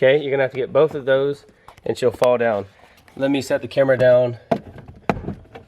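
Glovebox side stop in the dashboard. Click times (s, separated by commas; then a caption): 5.1 s. Someone talks, then presses the glovebox side stop in the dashboard past its plastic pinch point. It pops out with a sharp click at 5.1 s, releasing the stop so the glovebox can drop all the way down.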